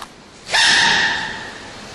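After a brief quiet moment, a single sudden burst erupts, with a high, squeaky, whistling edge that trails off over about a second and a half. One sneeze from a panda, sharp and high-pitched rather than deep.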